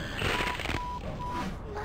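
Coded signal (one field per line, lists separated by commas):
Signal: none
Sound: game's computer beeps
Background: speech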